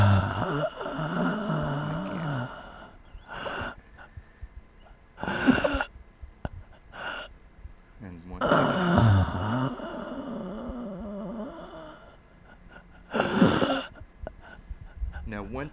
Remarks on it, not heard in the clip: Respiratory dystonia. You're asleep, you breathe fine. But if you wake up, then you struggle, and it's hard to go back to sleep because you're struggling to breathe. Feeling like your air is coming in little bit pieces rather than all in one big flow.